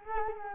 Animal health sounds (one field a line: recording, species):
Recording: mosquito wingbeat signal from an infrared sensor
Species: Culex quinquefasciatus